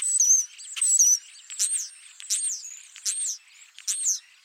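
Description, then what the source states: European Starling: a run of high, thin whistled notes with brief rasping bits between. European Starlings, first introduced in New York City, invasive, compete for nest sites, common in North American cities, changing as they enter new habitats like frigid winters, deserts, plains; DNA changing.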